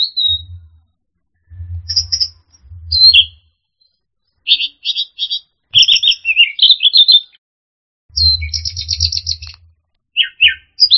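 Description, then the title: Orange-headed thrush song of high whistles, quick trills and rattling phrases delivered in bursts with pauses, over occasional low rumbling noise. "anis_merah"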